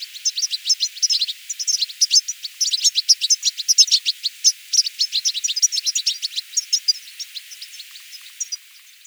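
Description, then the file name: European goldfinch twittering, a rapid, continuous stream of high, tinkling chirps and liquid notes running for about eight seconds before fading out. "Carduelis carduelis"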